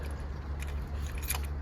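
A box magazine is dropped out of the magazine well of a Kel-Tec Sub 2000 pistol-caliber carbine using the magazine release, over a steady low hum. Faint clicks come at 0.6 s and 1.2 s, then a sharper, louder click at 1.3 s as the magazine releases.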